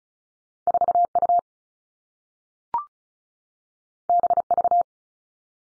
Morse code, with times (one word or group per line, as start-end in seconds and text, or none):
0.7-1.1 4
1.2-1.4 U
4.1-4.4 B
4.5-4.8 V